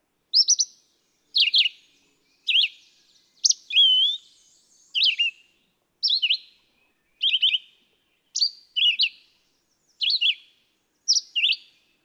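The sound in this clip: Red-eyed vireo singing about ten brief chirping phrases, each a quick slurred whistle, separated by short silences.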